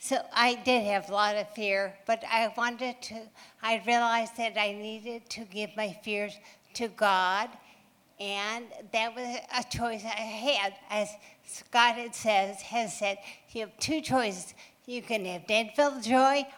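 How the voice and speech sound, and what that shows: An adult woman speaks slowly and haltingly, with drawn-out vowels, frequent pauses and a slightly slurred, uneven rhythm. Some words are blurred, such as "divine" coming out distorted. This fits ataxic dysarthria, the speech pattern of ataxia, a condition her father also had, which also leaves her walking like a drunk.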